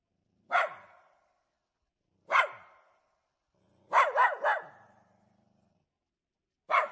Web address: dog jack russell terrier barking growling various big echo